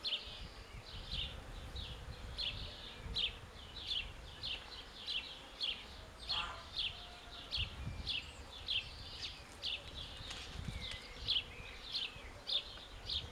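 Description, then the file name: House sparrow chirping: many short, harsh chirps repeated with uneven spacing throughout, over a steady rough background noise. "Passer domesticus"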